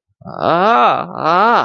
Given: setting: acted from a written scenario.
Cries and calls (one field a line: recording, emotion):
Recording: vocal sound without words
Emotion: ecstasy